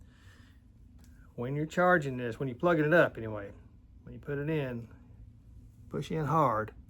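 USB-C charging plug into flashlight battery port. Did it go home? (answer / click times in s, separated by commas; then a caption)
no / none. A USB-C charging plug is handled at the port on top of a small rechargeable battery for a Sofirn ST10 flashlight, to be pushed in hard. Someone talks throughout, with a faint brief tap near 1.0 s. Nothing has seated or clicked yet.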